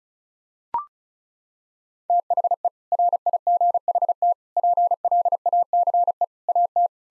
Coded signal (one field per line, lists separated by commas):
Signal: Morse code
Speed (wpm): 36 wpm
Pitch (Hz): 700 Hz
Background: none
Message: THE RIGHT PLACE AT